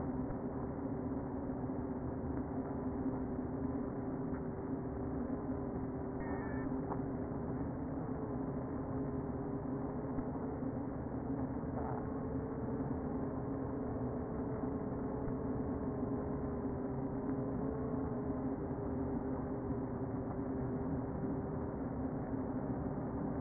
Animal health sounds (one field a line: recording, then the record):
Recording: honeybee colony, microphone inside the hive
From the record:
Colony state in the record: queen present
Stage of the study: before two queens were removed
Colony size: about 60,000 bees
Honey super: yes